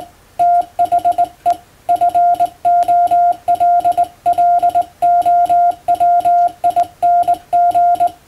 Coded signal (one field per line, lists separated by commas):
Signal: Morse code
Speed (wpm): 20 wpm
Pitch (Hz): 700 Hz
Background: none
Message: THE FOLLOWING